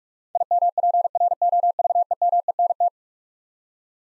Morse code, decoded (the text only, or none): IMPROVEMENT